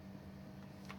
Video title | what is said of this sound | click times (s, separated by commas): Fisher & Paykel washing machine GW612 inlet valve replacement | now click in place and | 0.9 s